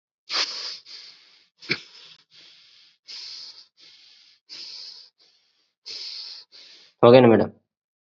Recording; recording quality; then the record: shallow breathing; moderate, slight background noise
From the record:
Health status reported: COVID-19 positive, mild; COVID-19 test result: positive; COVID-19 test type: rapid antigen test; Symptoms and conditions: cough, cold, fever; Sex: male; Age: 23 years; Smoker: no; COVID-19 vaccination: both doses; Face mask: worn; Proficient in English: yes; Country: India